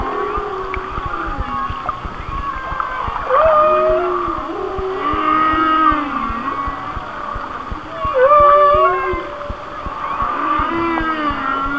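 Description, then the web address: Whale song of swooping moans and bright rising whistles, with louder bursts roughly every few seconds over persistent clicks. "Natures Songs Whale Songs Whale Songs- Mike Mc Donald"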